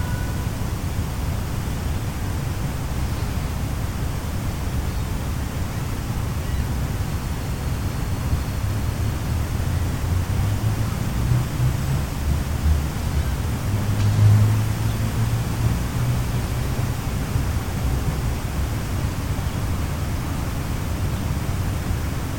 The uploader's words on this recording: Urban Soundscape: 1 Hour of City & White Noise Sounds. Gentle city sounds and calming white noise.